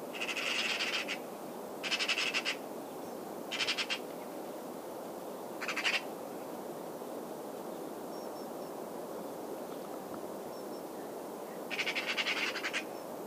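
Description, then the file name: Eurasian magpie giving short harsh chattering rattles in five separate bursts, over a steady low rushing background noise. "Pica pica"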